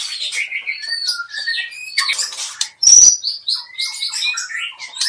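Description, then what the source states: White-rumped shama pouring out varied whistles and chips, with a brief loud scratchy burst midway before the song resumes. Medan type song.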